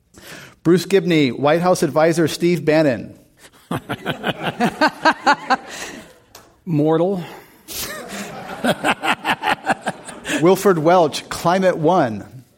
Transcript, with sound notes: Bruce Gibney, White House advisor Steve Bannon.
[Laughter]
Mortal.
[Laughter]
Wilford Welch, Climate One.